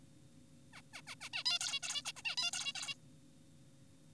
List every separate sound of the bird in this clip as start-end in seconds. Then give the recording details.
0.74-0.82, 0.94-1.02, 1.07-1.15, 1.21-1.29, 1.33-1.44, 1.46-1.59, 1.61-1.80, 1.83-2.02, 2.05-2.12, 2.16-2.22, 2.25-2.36, 2.38-2.51, 2.53-2.73, 2.76-2.95. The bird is an adult. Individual g4p5U